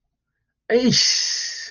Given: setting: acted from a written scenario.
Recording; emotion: vocal sound without words; embarrassment